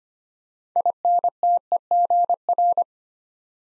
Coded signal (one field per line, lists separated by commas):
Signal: Morse code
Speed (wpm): 25 wpm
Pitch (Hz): 700 Hz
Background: none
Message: INTEGR